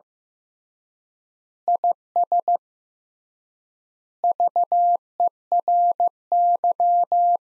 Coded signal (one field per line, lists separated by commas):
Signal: Morse code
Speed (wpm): 15 wpm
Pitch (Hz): 700 Hz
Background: none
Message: IS VERY